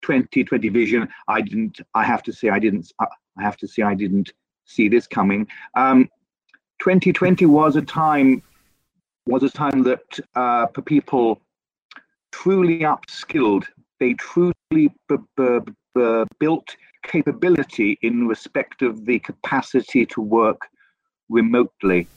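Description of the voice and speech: Adult man speaking with a stammer: phrase repetitions and restarts ("I didn't... I have to say I didn't", "was a time was a time"), repeated initial sounds ("b- b- b- built"), a prolonged sound, fillers and long pauses. He stammers in every language he speaks fluently.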